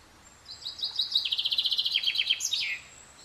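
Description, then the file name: Common chaffinch singing one phrase, a quick series of bright notes that slides lower and ends in a brisk terminal flourish after about two seconds. "Fringilla coelebs"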